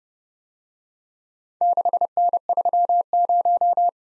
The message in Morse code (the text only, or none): 6N30